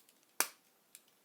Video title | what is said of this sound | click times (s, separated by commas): Transformers KO Masterpiece Takara Tomy MP-17 Prowl プロール | it's in fantastic it's in it clicked in really really strongly | 0.4 s